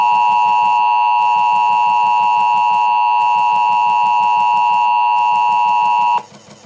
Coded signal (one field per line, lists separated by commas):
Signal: Emergency Alert System (SAME) tones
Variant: 853 and 960 Hz attention tone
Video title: Transmitting EAS Tones and government channels (real)￼